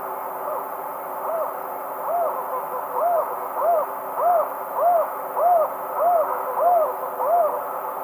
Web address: Natures Songs S America Eastern Lowlands Megascops choliba, duet